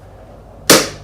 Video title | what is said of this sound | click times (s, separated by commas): Assembling a Step2 Great Gourmet Kitchen | pinch it there we go you heard it snap | 0.7 s